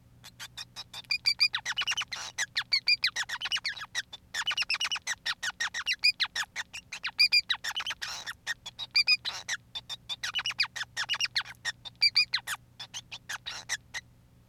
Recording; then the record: song of a male Bengalese finch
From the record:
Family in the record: son of father 5